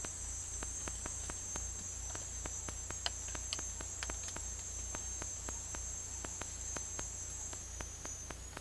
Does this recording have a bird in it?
no